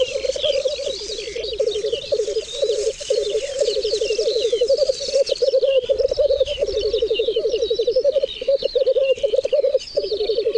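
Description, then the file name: Black grouse bubbling: a continuous low, pulsing, cooing warble, rolling on in long phrases with brief pauses, while higher chirping bird calls sound over it. "cietrzew"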